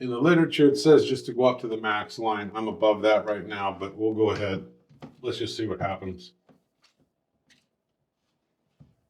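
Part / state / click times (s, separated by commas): blender cup onto blender motor base / not seated / none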